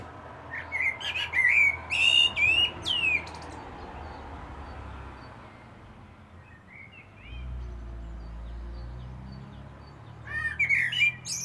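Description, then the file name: Common blackbird warbling in a fluted phrase ending in sharp high squeaks, then quieter notes, and another phrase starting near the end; noticeable low rumbling background noise. "Turdus merula"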